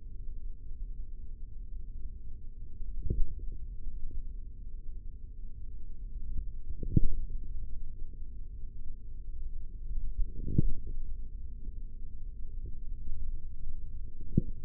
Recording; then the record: forearm muscle sounds (acoustic myography)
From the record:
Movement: index flexion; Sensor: system 3, bracelet of six PUI Audio POM-2738L microphones around the upper forearm, with dedicated amplification and filtering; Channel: 2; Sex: male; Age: 43 years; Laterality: right